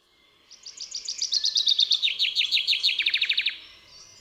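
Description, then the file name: Common chaffinch song: a cascade of rapid chipping notes falling in pitch in several trilled phrases, ending in a quick flourish, then quiet. "Zieba"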